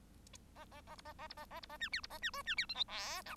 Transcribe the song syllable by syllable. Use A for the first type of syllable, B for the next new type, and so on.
A A A B A A B A A B A C D B A C E C D F G H I